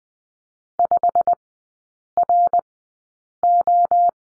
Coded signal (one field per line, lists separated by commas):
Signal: Morse code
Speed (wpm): 20 wpm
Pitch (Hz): 700 Hz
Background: none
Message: 5RO